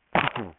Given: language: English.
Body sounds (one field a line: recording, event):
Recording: throat vibration sensor signal played as sound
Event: cough